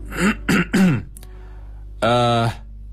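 throat clearing

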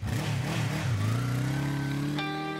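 motorcycle engine revving

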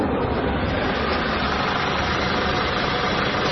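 car engine running

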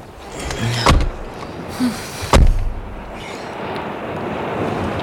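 stormy wind

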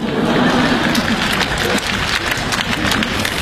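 audience applause

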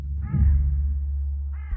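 crow cawing

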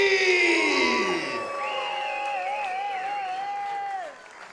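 audience applause

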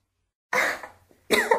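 woman coughing

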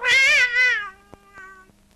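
cat meowing

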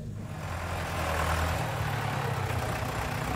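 tractor engine idling

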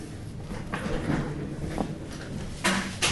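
knocking on a door

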